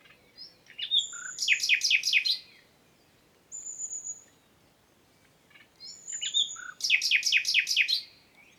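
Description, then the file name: Common nightingale song: two loud phrases of fast, repeated stuttering notes introduced by a high whistle, with a thin sustained whistle between them. "Luscinia megarhynchos"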